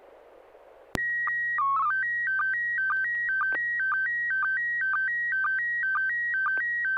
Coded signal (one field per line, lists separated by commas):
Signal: SSTV (slow-scan television)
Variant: PD 120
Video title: N6NA SSTV Net - 12/13/2023